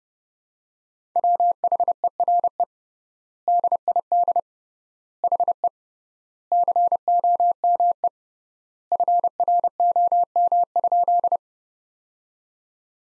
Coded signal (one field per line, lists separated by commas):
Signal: Morse code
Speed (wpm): 32 wpm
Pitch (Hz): 700 Hz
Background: none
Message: WHERE DID HE COME FROM?